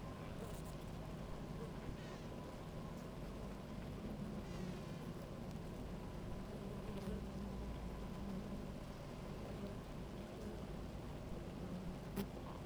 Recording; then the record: honeybee colony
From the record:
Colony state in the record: active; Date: 28 July 2017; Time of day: 17:09